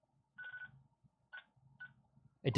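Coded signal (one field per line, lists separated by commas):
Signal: none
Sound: a radio's programming beeps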